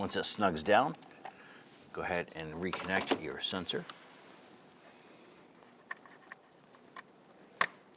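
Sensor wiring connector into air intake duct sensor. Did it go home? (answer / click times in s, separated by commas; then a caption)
yes / 7.6 s. Someone talks, and then the sensor wiring connector is pushed back onto the sensor on the air intake duct of a 2011–2023 Dodge Charger 3.6L V6. After a few faint small ticks, it snaps sharply into place at 7.6 seconds and is seated.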